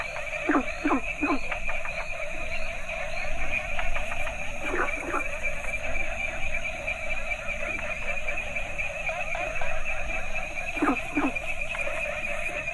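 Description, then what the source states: Frogs calling together: an unbroken high-pitched trill layer and drone, with brief clusters of two or three harsh croaks at the start, middle and end. A variety of Asian frog species calling together.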